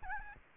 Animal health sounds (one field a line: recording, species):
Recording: mosquito wingbeat signal from an infrared sensor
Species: Aedes albopictus